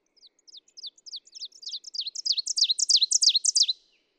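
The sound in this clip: Ovenbird song: a rapid series of sharp, downslurred phrases starting soft and swelling steadily louder, ending abruptly.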